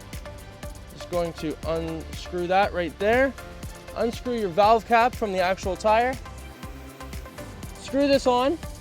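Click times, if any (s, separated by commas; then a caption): none. Someone talks over background music while the valve cap is unscrewed from a tire's valve stem and a sealant kit's inflator hose fitting is then screwed onto the stem, with a few soft ticks and handling noises along the way. The clip ends before the hose is fully on, so nothing has seated or clicked yet.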